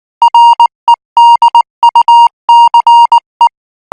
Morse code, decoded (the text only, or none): REDUCE